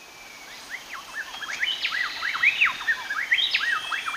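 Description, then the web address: Plain-tailed wren song of quick, looping whistled notes in a tumbling rhythm, building slightly in loudness over steady background hiss. Ecuador. "Birds of Ecuador. Plain-tailed Wren"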